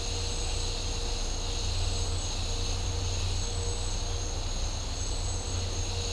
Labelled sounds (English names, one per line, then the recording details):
none
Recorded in dense forest near Puerto Asís, Putumayo, Colombia, on 20 December 2024 at 09:00
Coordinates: 0.503, -76.323
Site G043